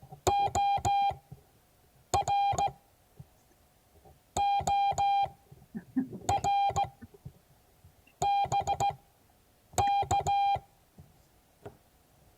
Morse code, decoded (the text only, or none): OR OR BK